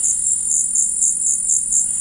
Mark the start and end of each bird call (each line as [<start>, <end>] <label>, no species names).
[0.00, 2.01] bird call